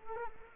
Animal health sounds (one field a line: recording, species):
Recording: mosquito wingbeat signal from an infrared sensor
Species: Culex quinquefasciatus